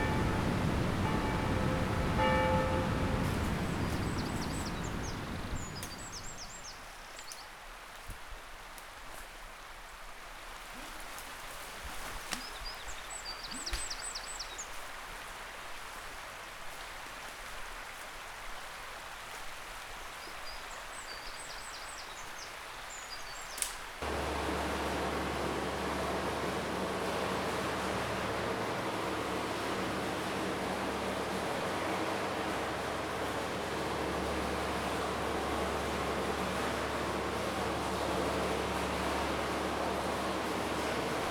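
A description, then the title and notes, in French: Countryside field recording near a lake: a vehicle rumbles away, quiet air with high bird calls follows, then abruptly steady rushing water-like noise. Field-recording dans l'arrière-pays du village de Charavines au bord du lac de Paladru. Prise de son et montage : Jérémie Faivre.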